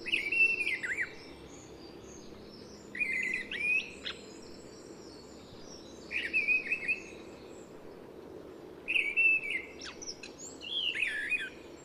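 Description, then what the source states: Mistle thrush song, brief whistled phrases delivered every few seconds, each a few fluty warbled notes with faint high squeaks, over a low steady background hum. Recorded 29 February 2008.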